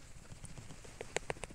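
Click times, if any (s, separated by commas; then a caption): 1.2 s. A button snap on the retention strap of a CDS Explorer survival knife sheath is fastened to hold the guard and knife in. A few soft taps lead to a small, quiet snap at 1.2 s as the snap seats, followed by lighter clicks. The snap closes and the knife is held in place.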